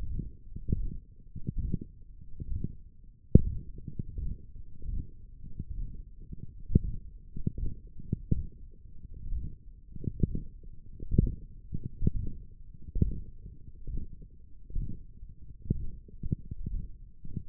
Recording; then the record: forearm muscle sounds (acoustic myography)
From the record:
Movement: hook grip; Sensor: system 1, eight BSWA MPA416 microphones around the upper forearm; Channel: 2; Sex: male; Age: 23 years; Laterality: right